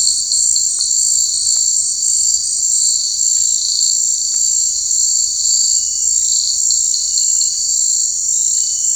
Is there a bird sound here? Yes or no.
no